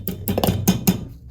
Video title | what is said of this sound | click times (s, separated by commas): THE PROPER WAY TO REPLACE A MOEN 1225 CARTRIDGE | see there it is it's seated all the way down through there now it's locked into place | 0.1 s, 0.3 s, 0.4 s, 0.7 s, 0.9 s